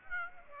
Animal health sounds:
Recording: mosquito wingbeat signal from an infrared sensor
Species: Aedes aegypti

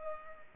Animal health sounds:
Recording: mosquito wingbeat signal from an infrared sensor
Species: Culex pipiens

